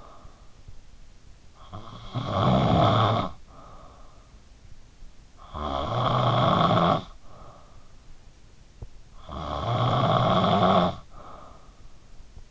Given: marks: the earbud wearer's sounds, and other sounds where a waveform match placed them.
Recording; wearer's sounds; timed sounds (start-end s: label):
sounds in sleep by an in-ear microphone; snoring breath
0.00-12.51 s: snoring breath